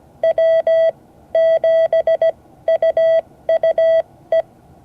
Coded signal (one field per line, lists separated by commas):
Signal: Morse code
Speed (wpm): 17 wpm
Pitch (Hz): 650 Hz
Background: none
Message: W7UUE